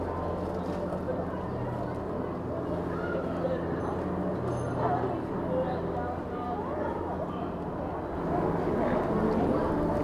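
A busy up-market shopping street with many overlapping voices, steady and dense throughout. A low traffic rumble sits underneath, and footsteps and a few brief clicks stand out in the middle. The crowd swells slightly louder over the last two seconds.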